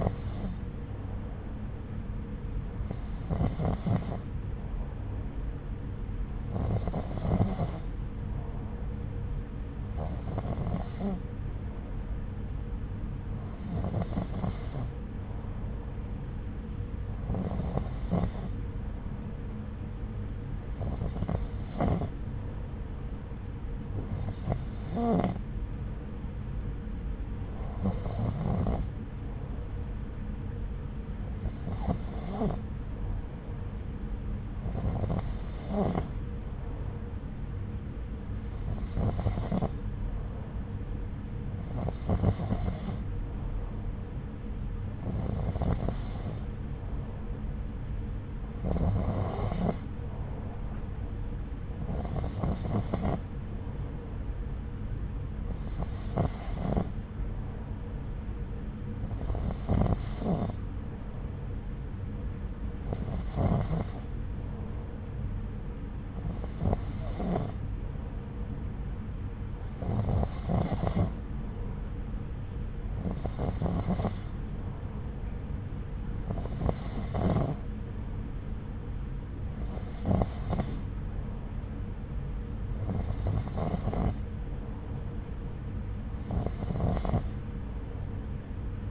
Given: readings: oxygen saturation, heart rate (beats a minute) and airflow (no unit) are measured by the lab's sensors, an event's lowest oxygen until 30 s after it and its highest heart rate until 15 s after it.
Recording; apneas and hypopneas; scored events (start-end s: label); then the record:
breathing in sleep by a smartphone at the bedside; none
none scored
From the record:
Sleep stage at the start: N2 (light sleep); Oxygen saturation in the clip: 90 to 92%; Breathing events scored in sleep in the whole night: 303 in 8.1 hours asleep